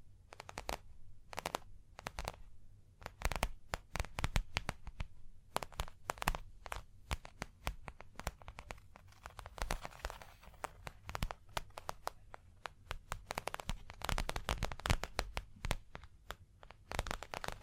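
Dense, irregular tapping and scratching on a surface, sharp bright clicks clustering in quick bursts throughout, over a low steady rumble.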